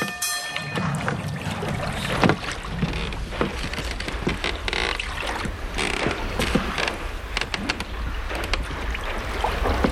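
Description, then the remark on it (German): A fairground boat ride churns along on the water: a steady low motor rumble under continuous splashing and sloshing, with scattered knocks and clatters and a faint tonal whine at the start. “Gibt es denn kein leeres Boot hier? In meinem ist da noch Platz”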